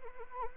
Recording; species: mosquito wingbeat signal from an infrared sensor; Anopheles arabiensis